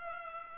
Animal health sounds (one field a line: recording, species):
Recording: mosquito wingbeat signal from an infrared sensor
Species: Culex pipiens